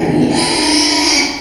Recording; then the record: squeal of a Yucatan mini pig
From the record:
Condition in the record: after surgery on the right vocal fold (resection and tissue-engineered implant); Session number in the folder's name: 2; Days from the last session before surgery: 13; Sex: male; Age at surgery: 12 weeks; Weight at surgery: 13 kg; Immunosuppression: cyclosporine, prednisolone